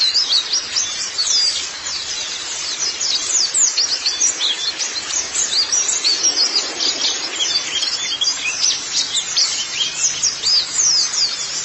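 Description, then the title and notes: White-eye chatter: fast, high, tinkling chirps packed tightly together, running continuously with little change in intensity. "Kicauan Burung Pleci Durasi Panjang. Suara kicauan burung pleci"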